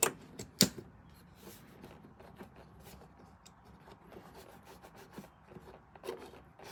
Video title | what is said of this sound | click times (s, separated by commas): Installing a Webasto Heater (with Smart Temp Controller) in a Promaster Van | there so so snaps right into place 90 degree elbow fuel | 0.6 s